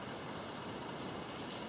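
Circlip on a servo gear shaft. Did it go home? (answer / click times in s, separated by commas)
no / none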